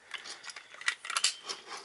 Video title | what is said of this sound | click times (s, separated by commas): POWER RANGERS SUPER MEGAFORCE MYSTiC DRAGON ZORD AND GREEN RANGER | Wait till you hear that snap. | 0.9 s, 1.2 s